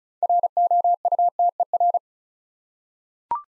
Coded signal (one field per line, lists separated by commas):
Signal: Morse code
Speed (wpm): 36 wpm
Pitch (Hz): 700 Hz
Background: none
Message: ROUTER